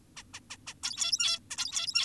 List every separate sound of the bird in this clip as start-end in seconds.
0.17-0.23, 0.34-0.40, 0.50-0.57, 0.67-0.74, 0.83-1.40, 1.51-2.04